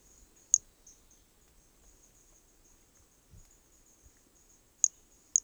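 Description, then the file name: Hermogenes' pumpkin toadlet producing a single high, short chirp, then after a long gap two more in quick succession, against a steady faint hiss. Recorded specimen from Corcovado, MHNCI museum collection; starting notes lost, recorded without interruption. "MHNCI Brachy hermogenesi Corcovado specimen one two starting notes lost without interruption"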